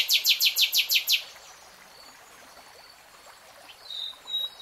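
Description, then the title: Nightingale song: a rapid burst of loud repeated notes, then quiet, with faint high thin whistles later. Nightingale singing in real time. "[Tiếng chim hót] Nightingale Singing"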